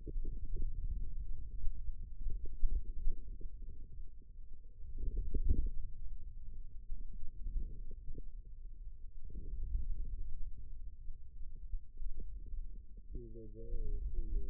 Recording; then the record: forearm muscle sounds (acoustic myography)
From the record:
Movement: wrist flexion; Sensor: system 2, bracelet of six BSWA MPA416 microphones around the upper forearm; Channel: 3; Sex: male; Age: 22 years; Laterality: right